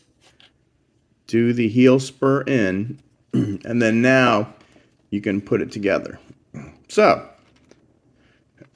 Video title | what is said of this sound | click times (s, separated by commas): COWABUNGA!! Transformers TMNT 2024 Collaborative Party Wallop Figure | Take the Wheel rotate it till it clicks | 0.4 s